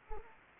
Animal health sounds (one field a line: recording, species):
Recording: mosquito wingbeat signal from an infrared sensor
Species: Anopheles gambiae